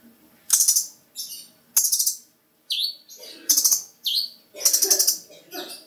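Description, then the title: Bird chirping: bursts of rapid buzzy ticks alternate with sharp hooked notes, with short pauses between groups. Described as a small bird. "Burung Kecil"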